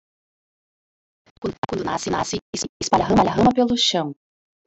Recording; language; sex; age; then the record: short text; Brazilian Portuguese; female; 30 to 39 years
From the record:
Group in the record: control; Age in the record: 39 years